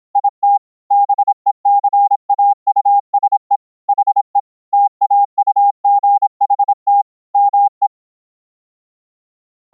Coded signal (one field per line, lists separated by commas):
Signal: Morse code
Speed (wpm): 27 wpm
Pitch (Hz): 810 Hz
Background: none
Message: IT BECAUSE HE TAUGHT ME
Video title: using GASSiAN NOiSE CW notes for sending Morse Code over iCW on Mumble - CW regenerated on mumble RX